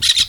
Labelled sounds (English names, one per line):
Brown-throated Parakeet contact call